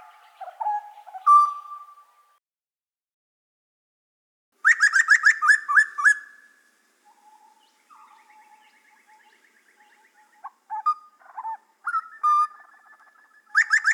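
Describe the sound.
Grey butcherbird song: clear low whistled notes, then a burst of quick buzzy chattering, followed by softer trills and scattered short whistles.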